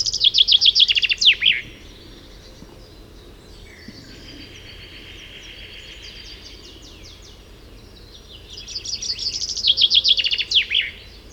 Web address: chant xeno-canto pinson des arbres